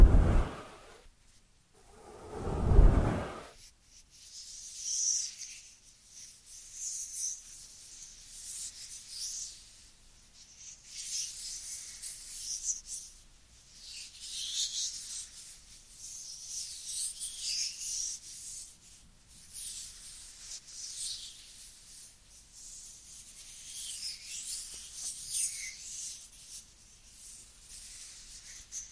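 Dry hands rub together in a soft, hissy whisper of skin, with two louder full thumps or claps in the first three seconds. After that the rubbing runs nearly continuously, swelling and easing in slow uneven strokes with brief pauses, bright and airy with almost no low end.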